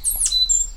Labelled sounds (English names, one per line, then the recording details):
Stitchbird song
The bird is a male
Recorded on Tiritiri Matangi Island, New Zealand, in 2005
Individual 10, of nest box 12